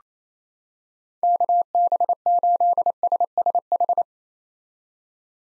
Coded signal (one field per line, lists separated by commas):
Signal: Morse code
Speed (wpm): 28 wpm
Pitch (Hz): 700 Hz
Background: none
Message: KB8SSH